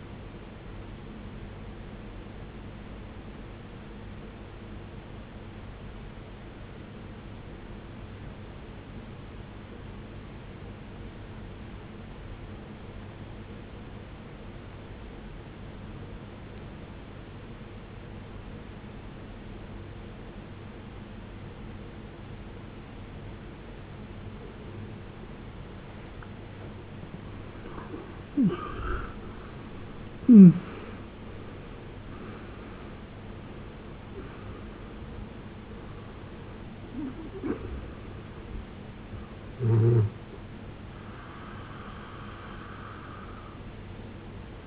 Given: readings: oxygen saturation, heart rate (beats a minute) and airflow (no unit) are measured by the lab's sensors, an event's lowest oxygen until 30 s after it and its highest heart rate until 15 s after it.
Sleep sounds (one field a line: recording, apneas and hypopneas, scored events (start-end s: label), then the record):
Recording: breathing in sleep by a voice recorder at the bedside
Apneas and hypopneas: 1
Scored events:
3.00-26.00 s: obstructive apnea (N1, oxygen 94% highest, then 75% lowest, heart rate 59 at the start, 80 highest)
From the record:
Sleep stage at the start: N1 (lightest sleep)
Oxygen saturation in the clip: 77 to 94%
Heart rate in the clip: 54 to 80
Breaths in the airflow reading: 6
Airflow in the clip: -21.8 to 18.5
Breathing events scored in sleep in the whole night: 389 in 6.3 hours asleep